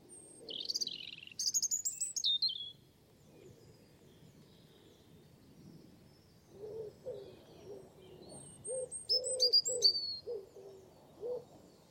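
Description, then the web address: European robin singing short, high, tumbling phrases at the start and near the end, while lower hooting notes repeat steadily through the second half. "cianscape birddata Deverinetal Bird Only Er Ru"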